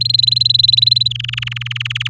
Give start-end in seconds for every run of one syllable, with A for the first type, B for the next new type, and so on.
0.00-1.08 A, 1.10-2.08 B